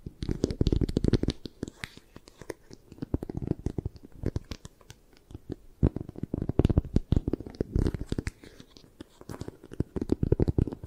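Dense scratching and tapping with quick irregular taps and rustles, heavy low thumps in bursts and brief quieter pauses near six seconds.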